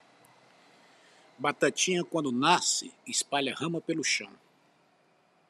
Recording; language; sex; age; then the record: short text; Brazilian Portuguese; male; 50 to 59 years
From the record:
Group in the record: control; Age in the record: 59 years